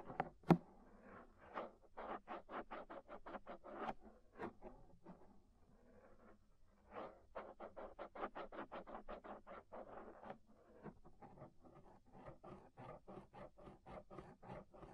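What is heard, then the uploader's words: Rhythmic scraping inside the ear, quick repeated strokes in bursts with short pauses, plus a sharp click near the start over a low hum. Inner and Outer Ear Scraping (No Talking).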